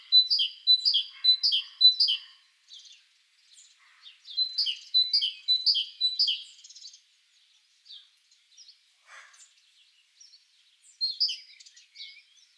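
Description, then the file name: Great tit delivering quick repeated high-low two-note phrases in two bursts, followed by scattered softer chirps and a brief final phrase. "Parus major"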